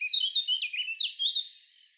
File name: Sylvia atricapilla